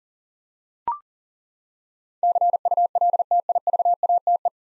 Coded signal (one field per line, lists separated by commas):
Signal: Morse code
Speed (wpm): 40 wpm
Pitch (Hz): 700 Hz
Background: none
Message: CULTIVATE